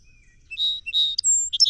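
Song sparrow song beginning: two buzzy notes, a thin high whistle, then the first quick chips before it cuts off.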